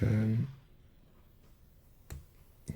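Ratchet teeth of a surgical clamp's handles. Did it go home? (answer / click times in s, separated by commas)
yes / 2.1 s, 2.7 s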